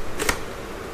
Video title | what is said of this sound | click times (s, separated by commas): Steelbird SB-17 Robot helmet visor lock problem solve only I screw tite | हम करेंगे इसको इसके लॉक को रिपेयर जैसा कि आप लोग देख सकते हो लॉक नहीं हो रहा है ऑटोमेटिक | none